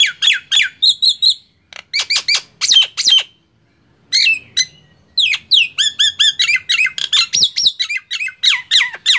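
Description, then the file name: Nias hill myna pouring out rapid strings of piercing whistles and rasping squawks, some notes sweeping up or down, broken by brief silences. "suara jalak nias"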